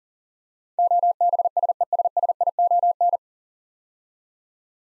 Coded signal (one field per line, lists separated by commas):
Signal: Morse code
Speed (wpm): 40 wpm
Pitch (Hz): 700 Hz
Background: none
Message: OBSESSION